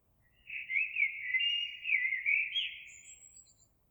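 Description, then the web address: Eurasian blackbird giving a smooth, wavering fluty phrase of about three seconds, with a faint, very high thin note near its end. Recorded 26 April 2022. "oiseaux Merle 2022 04 26"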